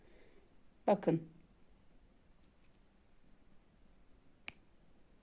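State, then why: Seated. A thread knot in a needle-lace motif is pulled tight while someone talks briefly near the start. A single sharp, bright click rings out at 4.5 s as the knot snaps into place, locking it so it won't come undone.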